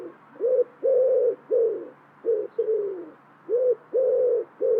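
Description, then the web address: Bird repeating low, mellow cooing notes in quick succession, some slightly falling in pitch, with brief gaps between them and nothing else audible. "cianscape birddata Deverinetal 2025 Bird Co Pa"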